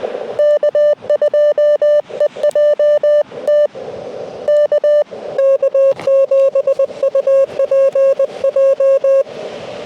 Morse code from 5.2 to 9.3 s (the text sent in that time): K7UPJ